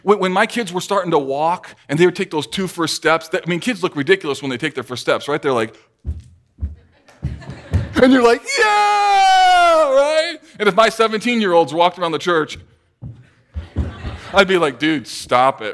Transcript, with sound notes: When my kids were starting to walk and they’d take those first two steps, I mean kids look ridiculous when they take their first few steps, right? They’re like. [goofy walking] And you’re like, “Yay!!!” Right? If my seventeen-year-old walked around the church like that, I’d be like, “Dude, stop it.”